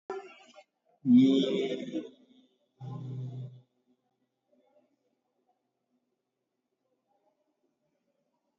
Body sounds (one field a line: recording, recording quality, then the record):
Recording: sustained vowel as in beet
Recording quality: excellent, no background noise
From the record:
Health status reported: COVID-19 positive, no symptoms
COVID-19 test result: positive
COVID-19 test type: RT-PCR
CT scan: taken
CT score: 2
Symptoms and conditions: fatigue, hypertension, diabetes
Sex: male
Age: 48 years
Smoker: no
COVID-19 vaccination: one dose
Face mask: worn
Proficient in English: yes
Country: India